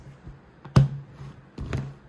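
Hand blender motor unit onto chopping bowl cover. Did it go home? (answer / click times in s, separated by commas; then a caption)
yes / 0.8 s. The plastic motor unit of a Facelle 4-in-1 hand blender is pressed onto the cover attachment of its chopping bowl until it locks. A sharp click at 0.8 s is followed by quieter handling taps. The motor unit is locked securely in place.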